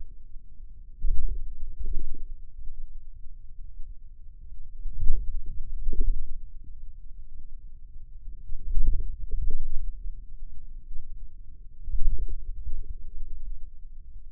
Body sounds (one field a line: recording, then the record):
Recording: forearm muscle sounds (acoustic myography)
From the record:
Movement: wrist flexion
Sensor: system 2, bracelet of six BSWA MPA416 microphones around the upper forearm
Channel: 6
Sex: male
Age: 22 years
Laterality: right